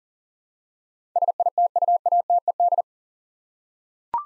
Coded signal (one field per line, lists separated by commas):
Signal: Morse code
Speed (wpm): 38 wpm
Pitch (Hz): 700 Hz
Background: none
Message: SITUATED